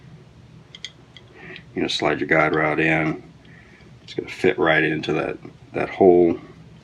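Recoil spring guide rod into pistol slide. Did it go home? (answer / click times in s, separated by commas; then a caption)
no / none. During reassembly of an S&W M&P Shield EZ pistol, the plastic recoil spring guide rod is slid into the slide and lined up with the oval hole at the front. Someone talks over light handling ticks around 0.8 and 1.2 seconds. The clip ends before the guide rod snaps into place, so nothing has seated or clicked yet.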